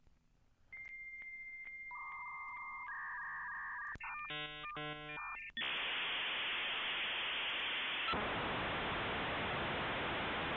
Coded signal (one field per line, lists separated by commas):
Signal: dial-up modem handshake